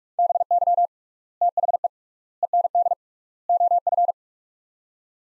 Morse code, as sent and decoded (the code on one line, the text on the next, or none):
-... -.-- / - .... . / . -. -.. / --- ..-.
BY THE END OF